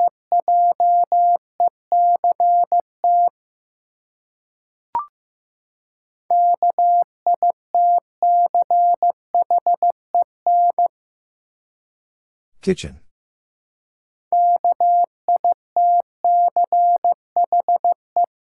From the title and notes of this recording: Seven Letter Words - 15wpm. First, the word is sent in Morse code.